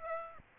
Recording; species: mosquito wingbeat signal from an infrared sensor; Aedes aegypti